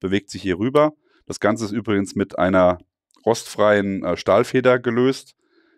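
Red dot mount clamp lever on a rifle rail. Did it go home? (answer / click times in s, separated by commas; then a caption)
no / none. Someone talks while the spring-loaded clamping jaw of a metal ERATAC USLM red dot mount, tensioned by a stainless steel spring, is moved across on a rifle rail. The clamp lever has not yet been locked, and nothing has seated or clicked yet.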